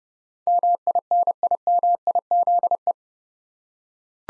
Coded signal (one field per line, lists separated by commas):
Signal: Morse code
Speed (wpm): 30 wpm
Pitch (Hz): 700 Hz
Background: none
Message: MINIMIZE